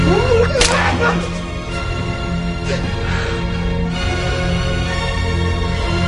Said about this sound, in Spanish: He flagelado mi cuerpo. Se flagela. La espalda queda marcada por las disciplinas. Se golpea de nuevo.